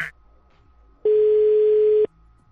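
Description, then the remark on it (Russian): A single telephone ringback tone: one steady, loud, mid-pitched beep lasting about a second, surrounded by near silence, with no talking. “Звонит, тихо.”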